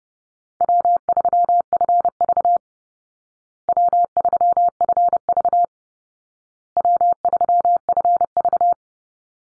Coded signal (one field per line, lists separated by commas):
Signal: Morse code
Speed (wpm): 30 wpm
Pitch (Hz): 700 Hz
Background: none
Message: W3FV W3FV W3FV